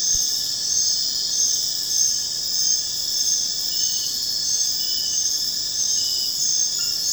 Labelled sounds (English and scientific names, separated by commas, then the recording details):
none
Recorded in secondary vegetation near Puerto Asís, Putumayo, Colombia, on 25 June 2025 at 21:00
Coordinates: 0.484, -76.319
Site G074